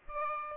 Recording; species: mosquito wingbeat signal from an infrared sensor; Aedes aegypti